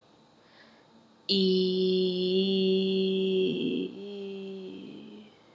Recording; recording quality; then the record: sustained vowel as in beet; excellent, no background noise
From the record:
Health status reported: COVID-19 positive, mild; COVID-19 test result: positive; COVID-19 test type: RT-PCR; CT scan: not taken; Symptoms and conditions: cough, cold, sore throat, fever, fatigue, muscle pain, loss of smell and taste, asthma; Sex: female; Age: 25 years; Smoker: no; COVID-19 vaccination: both doses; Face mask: not worn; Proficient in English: yes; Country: India